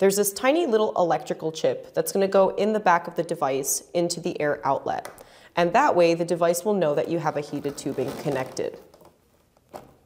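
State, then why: Seated. Someone talks while a ClimateLine heated CPAP tubing cuff, with its small electrical contact chip, is pushed onto the plastic air outlet at the back of an AirSense 10 CPAP machine. After the talking stops, a few faint handling sounds lead to a short, sharp click at 9.8 s as the heated tube connector seats into the outlet.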